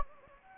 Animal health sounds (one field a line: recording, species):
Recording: mosquito wingbeat signal from an infrared sensor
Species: Anopheles gambiae